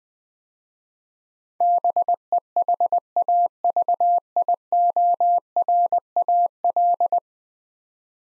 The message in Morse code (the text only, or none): BEHAVIORAL